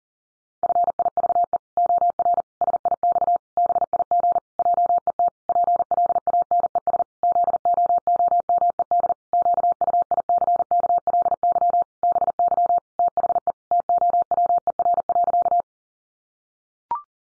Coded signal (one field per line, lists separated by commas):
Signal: Morse code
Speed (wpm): 40 wpm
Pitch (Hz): 700 Hz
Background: none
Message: FIVE OR SIX BIG JET PLANES ZOOMED QUICKLY BY THE TOWER.